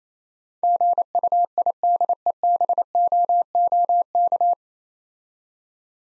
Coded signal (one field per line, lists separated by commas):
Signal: Morse code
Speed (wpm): 27 wpm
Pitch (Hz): 700 Hz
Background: none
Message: GUIDEBOOK